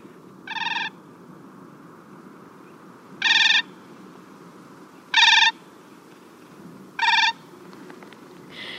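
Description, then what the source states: Siberian cranes give five ringing, rolling calls, each short and spaced a few seconds apart, over a soft steady background. Three Siberian cranes calling as they flew toward and over the recordists on the Siberian tundra, sounding as if talking to each other in flight.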